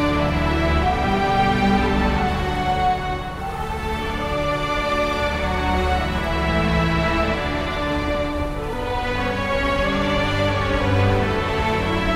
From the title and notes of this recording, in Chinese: 10首超好聽史詩音樂配合風雪的聲音。